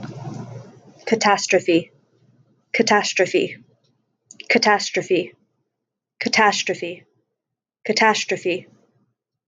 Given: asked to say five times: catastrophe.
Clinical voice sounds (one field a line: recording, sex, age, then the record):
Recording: repeated word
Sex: female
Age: 30 to 39 years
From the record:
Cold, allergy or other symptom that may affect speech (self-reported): no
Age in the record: 32 years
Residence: Ohio, United States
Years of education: 15